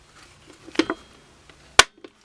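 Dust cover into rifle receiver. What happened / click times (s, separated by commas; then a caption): The metal cover snapped into place / 1.8 s. The metal dust cover of a Savage A22 .22 LR semi-auto rifle is angled in, pushed forward, and snapped into place over the guide rod on the receiver during reassembly. Softer clicks and scrapes at about 0.8 and 0.9 s lead up to one sharp, loud metallic snap at 1.8 s, followed by a faint tick near 2.0 s. The dust cover is seated.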